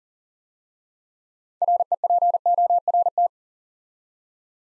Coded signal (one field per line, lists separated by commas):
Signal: Morse code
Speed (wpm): 39 wpm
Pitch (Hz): 700 Hz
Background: none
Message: REPORT